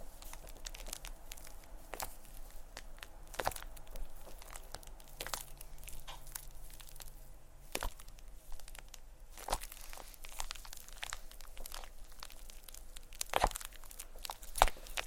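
Crinkling plastic wrap and brushing sounds from play with shaving cream, made of sharp crackly bursts every second or so with a couple of denser clusters. A soft, steady rustle runs underneath, and a faint low hum lingers briefly around the middle.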